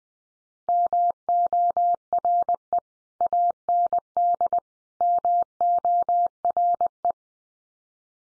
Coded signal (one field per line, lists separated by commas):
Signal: Morse code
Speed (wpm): 20 wpm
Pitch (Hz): 700 Hz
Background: none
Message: MORE AND MORE